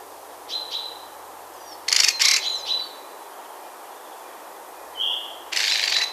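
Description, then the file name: Eurasian wren calling with dry, buzzy rattles, the first broken into pulses, plus a brief high whistled note between, against constant hiss. "okorszem"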